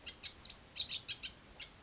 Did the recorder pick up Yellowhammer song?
no